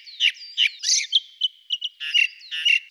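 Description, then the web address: Ring ouzel calls: harsh, scratchy chattering bursts broken by thin whistled tones, repeated several times in quick succession. Recorded in Slovenia. "Turdus torquatus"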